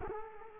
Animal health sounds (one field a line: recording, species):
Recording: mosquito wingbeat signal from an infrared sensor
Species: Culex quinquefasciatus